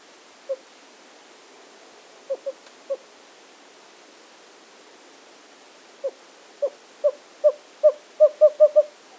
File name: WESOwl 2008-3-13 short 1 by Andrew Spencer